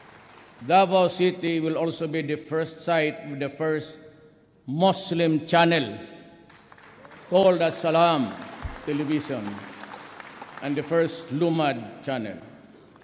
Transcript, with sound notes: Davao City will also be the first site of the first Muslim channel, to be called Salaam Television, [applause] and the first Lumad channel.